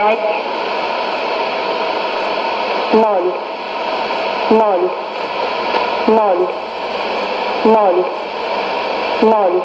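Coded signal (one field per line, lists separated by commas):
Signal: numbers station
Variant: S06s Russian Lady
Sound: a woman's voice reading short Russian numbers at about 1.5-second intervals, over static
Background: radio static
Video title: 02 08 2017 Numbers station S06s Russian Lady in Russian to Eu 0834 on 11565 unknown tx site in CUSB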